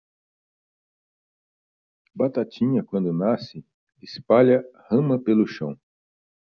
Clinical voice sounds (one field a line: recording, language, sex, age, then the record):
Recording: short text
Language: Brazilian Portuguese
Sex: male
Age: 60 to 69 years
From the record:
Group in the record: control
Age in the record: 61 years